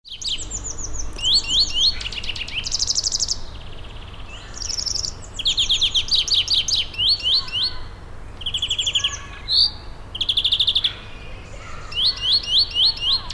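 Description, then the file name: European greenfinch twittering song: fast metallic trills in quick phrases, with some buzzy notes among them, over a constant low hum. "Chloris chloris"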